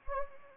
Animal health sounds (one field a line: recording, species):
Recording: mosquito wingbeat signal from an infrared sensor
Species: Anopheles arabiensis